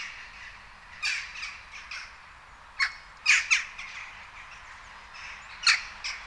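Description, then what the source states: Western Jackdaw calls, short harsh 'kia' notes given singly or in quick pairs at irregular intervals over a quiet background. Loud 'kia' call given in flight or when perched; in groups these calls can fill the whole soundscape.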